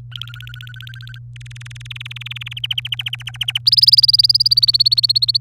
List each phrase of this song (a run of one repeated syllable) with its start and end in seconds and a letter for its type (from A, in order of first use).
0.12-1.19 A, 1.36-2.53 B, 2.57-3.58 C, 3.66-5.37 D